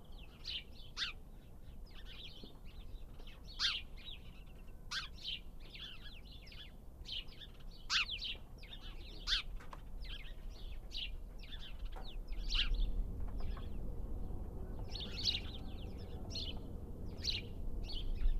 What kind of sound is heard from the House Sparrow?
call